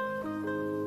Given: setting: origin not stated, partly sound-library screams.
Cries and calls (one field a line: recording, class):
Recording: one-second piece from a danger detection set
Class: normal situation